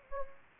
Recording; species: mosquito wingbeat signal from an infrared sensor; Anopheles gambiae